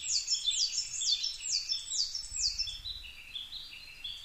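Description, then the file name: Coal tit: a rapid series of sharp, high, falling double notes for about two and a half seconds, then fainter, lower repeated notes fading on. Recorded 22 May 2010 at 17:33. "higara 20100522 1733"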